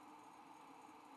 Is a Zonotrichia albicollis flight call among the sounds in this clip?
no